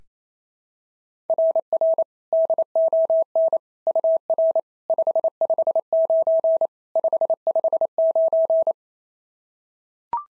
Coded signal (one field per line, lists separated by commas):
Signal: Morse code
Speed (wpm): 25 wpm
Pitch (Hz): 650 Hz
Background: none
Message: RR DON UR 559 559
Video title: SOTA QSO Practice 28wpm